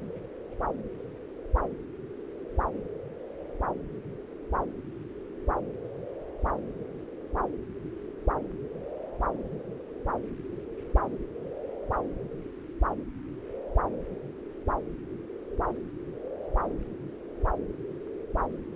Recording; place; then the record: Doppler ultrasound of blood flow; right subclavian vein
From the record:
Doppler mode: continuous wave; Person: adult scuba diver, at rest before a dive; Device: O'Dive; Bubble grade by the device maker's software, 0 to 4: 0